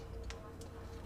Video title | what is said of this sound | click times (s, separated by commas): 变形金刚X社感知器 | 先我们先把这个地方的卡扣打开，把 | 0.3 s